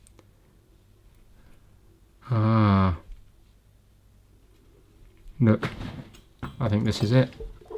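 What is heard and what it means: An internal component is being handled and pushed toward its housing in an appliance during a repair. Someone talks briefly early on and again near the end, with faint handling noises and a sharp transient right at the close. Nothing has seated or clicked into place yet.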